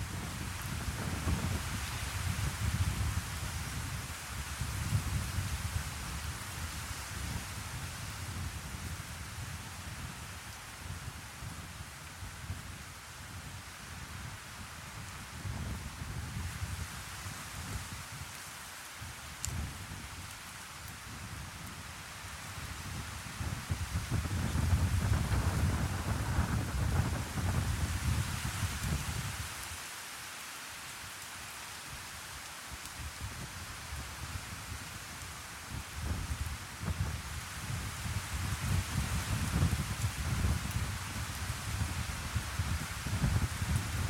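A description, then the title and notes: Steady rain hisses across the whole clip as a dense, even wash of sound, with a deep rumble underneath that swells and fades in waves. The low rumbling grows heavier around 25 seconds, drops away briefly near 30 seconds, then returns. White Noise Rain Sounds. In this episode, you will hear white noise and rain sounds.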